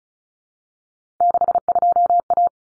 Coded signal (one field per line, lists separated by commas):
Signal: Morse code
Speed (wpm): 34 wpm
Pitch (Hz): 700 Hz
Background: none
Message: 62A